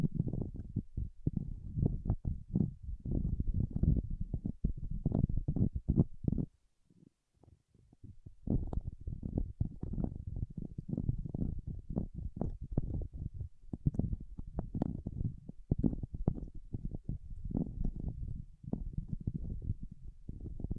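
Wax fingertips being rubbed and pressed produce a dense, dull, squishy rustling made of many quick soft crackles, mostly low and muffled. The handling runs almost continuously, with one short pause of near silence around seven to eight seconds before resuming.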